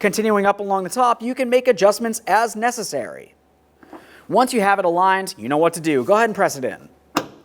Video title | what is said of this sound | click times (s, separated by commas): How to Replace Hood Lift Supports 2015-2019 Subaru Outback | Audible click, a light tug. | 7.2 s